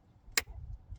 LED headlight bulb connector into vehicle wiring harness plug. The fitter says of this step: Hear that click.